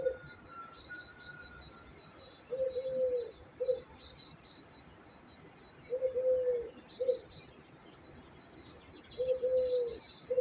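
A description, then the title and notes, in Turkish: Bird sounds in open nature: a low dove-like coo repeats in short phrases at about 0, 2.5, 6 and 9 seconds. Between them, higher chirps and thin twittering from smaller birds carry on steadily, with a faint whistle early on and a soft background hiss. Doğa Sesleri. Kuş Sesleri.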